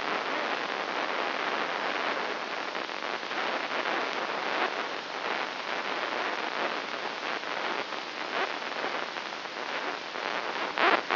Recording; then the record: brain microelectrode recording played as sound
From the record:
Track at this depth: inside the subthalamic nucleus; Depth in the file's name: 2.804 mm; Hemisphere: right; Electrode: 3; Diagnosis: Parkinson's disease